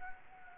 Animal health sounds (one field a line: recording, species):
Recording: mosquito wingbeat signal from an infrared sensor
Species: Anopheles gambiae